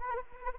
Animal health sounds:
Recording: mosquito wingbeat signal from an infrared sensor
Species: Anopheles arabiensis

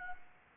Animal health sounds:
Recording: mosquito wingbeat signal from an infrared sensor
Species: Anopheles arabiensis

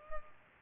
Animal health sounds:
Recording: mosquito wingbeat signal from an infrared sensor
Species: Culex pipiens

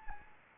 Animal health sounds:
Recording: mosquito wingbeat signal from an infrared sensor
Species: Anopheles gambiae

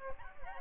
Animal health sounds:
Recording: mosquito wingbeat signal from an infrared sensor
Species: Aedes albopictus

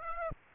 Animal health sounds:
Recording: mosquito wingbeat signal from an infrared sensor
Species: Aedes aegypti

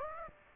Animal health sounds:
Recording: mosquito wingbeat signal from an infrared sensor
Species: Aedes aegypti

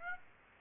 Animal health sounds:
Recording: mosquito wingbeat signal from an infrared sensor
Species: Aedes aegypti

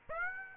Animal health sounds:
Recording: mosquito wingbeat signal from an infrared sensor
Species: Aedes aegypti

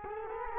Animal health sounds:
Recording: mosquito wingbeat signal from an infrared sensor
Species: Culex quinquefasciatus

